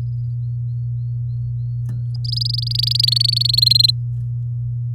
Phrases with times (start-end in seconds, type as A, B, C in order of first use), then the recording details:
2.15-3.60 A, 3.62-3.91 B. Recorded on 6 May 2018 at 09:48. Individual llb16